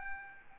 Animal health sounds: mosquito wingbeat signal from an infrared sensor; Aedes albopictus

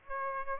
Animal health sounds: mosquito wingbeat signal from an infrared sensor; Aedes aegypti

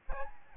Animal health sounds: mosquito wingbeat signal from an infrared sensor; Aedes albopictus

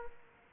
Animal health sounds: mosquito wingbeat signal from an infrared sensor; Aedes aegypti

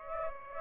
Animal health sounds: mosquito wingbeat signal from an infrared sensor; Aedes aegypti

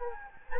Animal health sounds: mosquito wingbeat signal from an infrared sensor; Anopheles gambiae

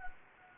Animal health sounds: mosquito wingbeat signal from an infrared sensor; Anopheles gambiae

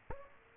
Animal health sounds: mosquito wingbeat signal from an infrared sensor; Aedes aegypti

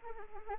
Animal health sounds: mosquito wingbeat signal from an infrared sensor; Anopheles arabiensis

